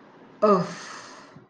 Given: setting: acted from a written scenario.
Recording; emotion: vocal sound without words; contentment